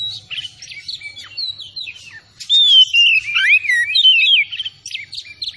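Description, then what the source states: Oriental magpie-robin song, a rich run of varied whistles, slurred notes and sweeping trills, louder and busier in the second half, over a faint low hum. Kacer, singing vigorously (gacor); Tretes named with the bird.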